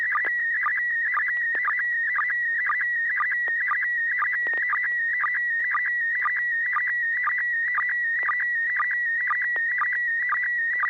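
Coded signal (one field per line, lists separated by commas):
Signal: SSTV (slow-scan television)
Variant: PD120 mode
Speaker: PD 120 um here's an image of my sound card and cabling setup that I'm using to transmit on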